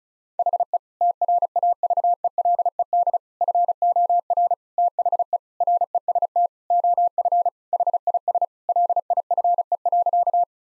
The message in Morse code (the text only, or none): HE TRAVELED FOR THE REST OF HIS LIFE.